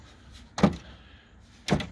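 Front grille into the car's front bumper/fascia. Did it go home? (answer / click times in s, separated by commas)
yes / 0.6 s, 1.7 s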